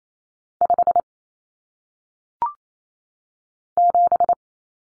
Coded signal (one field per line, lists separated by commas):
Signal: Morse code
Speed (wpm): 28 wpm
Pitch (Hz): 700 Hz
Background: none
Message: 5 7